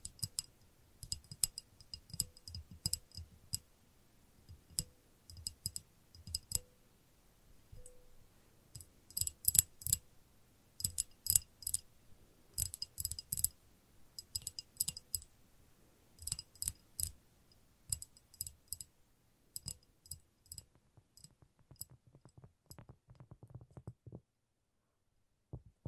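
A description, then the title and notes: Quick tapping and clicking in irregular bursts, each tap a sharp tick with a soft low thump beneath it. The taps cluster densely around the middle, then thin out and grow quieter, with near silence in the last two seconds. ASMR Irresistible Tapping. No Talking.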